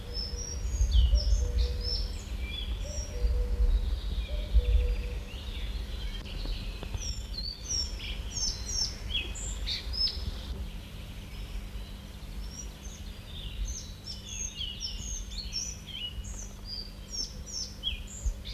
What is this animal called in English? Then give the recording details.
Collared Flycatcher. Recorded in the wild. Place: Schützen am Gebirge, Burgenland, AT. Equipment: Halbspur, 9,5 cm/s. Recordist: Lütgens, Hans